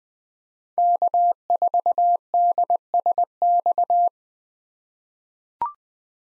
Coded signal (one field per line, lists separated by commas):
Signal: Morse code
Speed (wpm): 20 wpm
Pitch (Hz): 700 Hz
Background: none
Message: K4DSX